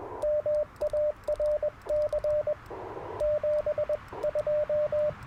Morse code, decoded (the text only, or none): MARC 72